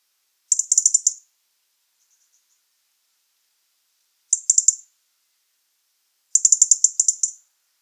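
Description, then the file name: European robin uttering three rapid rattling trains of high, sharp ticks, separated by long silent gaps. "Erithacus rubecula"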